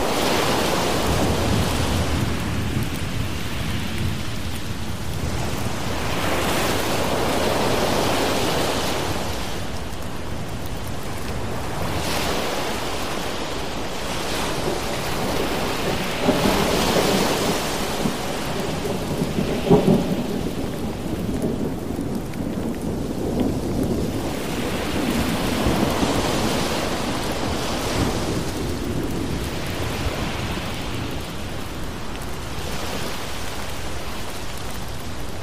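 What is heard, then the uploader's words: Steady, dense rain hisses throughout, with slow swells rising and falling every few seconds like waves washing in and out. Low rumbling thunder rolls underneath, growing heavier around the middle, with a sharper burst near twenty seconds. Thunderstorm Rain Sounds With Ocean Waves.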